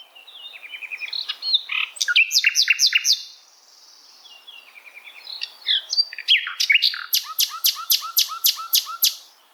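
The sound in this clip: Bird song of high, varied phrases: a quick trill and bursts of buzzy notes, a short pause, then a rapid run of sharp repeated notes to the end.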